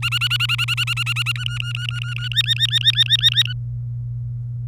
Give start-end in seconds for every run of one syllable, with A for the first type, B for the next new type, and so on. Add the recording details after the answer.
0.02-1.32 A, 1.35-2.28 B, 2.32-3.42 C, 3.46-3.53 B. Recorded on 27 April 2018 at 07:51. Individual llb3